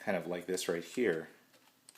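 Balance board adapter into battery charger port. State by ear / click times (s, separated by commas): not seated / none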